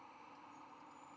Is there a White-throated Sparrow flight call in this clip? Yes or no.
no